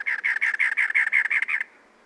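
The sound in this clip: Cactus wren giving a rough, scratchy chatter of many evenly spaced, raspy notes in quick succession, ending abruptly.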